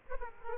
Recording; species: mosquito wingbeat signal from an infrared sensor; Aedes aegypti